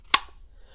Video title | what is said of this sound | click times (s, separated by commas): Best 5 EDC Holsters on Amazon 2020 | with a satisfying click | 0.1 s